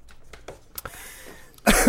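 A few faint, short bursts, then one loud, harsh cough at the end from an adult in a small room, coughing after inhaling smoke deep into the lungs.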